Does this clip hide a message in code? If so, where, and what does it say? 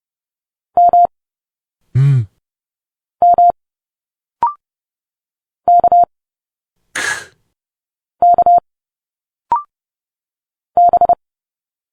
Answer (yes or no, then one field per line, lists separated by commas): yes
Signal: Morse code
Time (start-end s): 0.8-11.1 s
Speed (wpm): 30 wpm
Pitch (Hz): 700 Hz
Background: none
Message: M M K K B